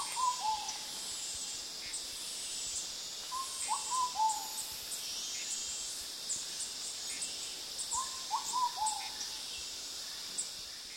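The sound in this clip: Ruddy pigeon giving three soft cooing phrases of a few hooting notes, over a steady high insect hiss.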